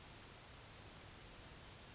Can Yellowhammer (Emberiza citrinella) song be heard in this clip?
no